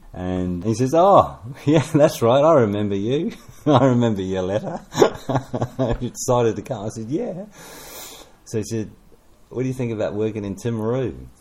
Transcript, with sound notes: And he says, “Oh – yeah that’s right, I remember you – I remember your letter.” [Chuckle] “You decided to come?” I said, “Yeah.” So he said, “What do you think about working in Timaru?”